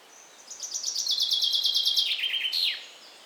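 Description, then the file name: Common chaffinch song, a fast run of repeated high chirps descending in steps and closing with a quick downward flourish, then quiet. "Fringilla coelebs"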